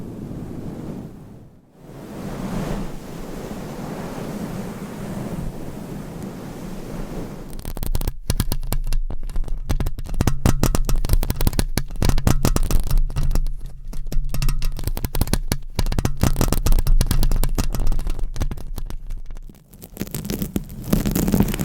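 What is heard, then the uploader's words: Microphone scratching starts as a soft, steady rustle, then from about seven seconds becomes dense, rapid crackling scrapes with a low thumping rumble. ASMR Mic Scratching - Brain Scratching with 15 MICS No Talking for Sleep with Long Nails.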